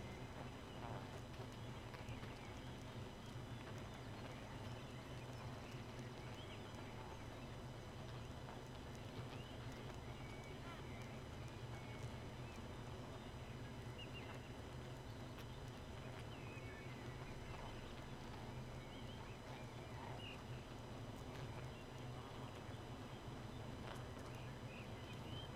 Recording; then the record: honeybee colony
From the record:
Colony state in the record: missing queen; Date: 31 May 2018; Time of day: 2:58